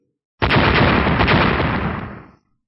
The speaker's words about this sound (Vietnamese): Ba tiếng nổ vang lên, thanh niên và đại hán đồng thời bị ngũ sắc điện hồ cùng bạch quang bao phủ vào trong.